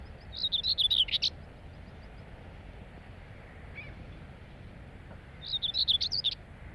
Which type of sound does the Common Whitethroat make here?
song